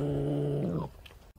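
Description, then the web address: Eurasian badger: a single deep, even growling tone, rising a little at the finish, then faint background hiss. "tejon. senda zorro"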